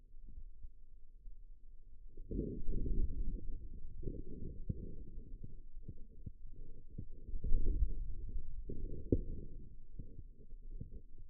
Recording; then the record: forearm muscle sounds (acoustic myography)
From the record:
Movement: inward rotation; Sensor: system 2, bracelet of six BSWA MPA416 microphones around the upper forearm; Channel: 4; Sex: male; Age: 22 years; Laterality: right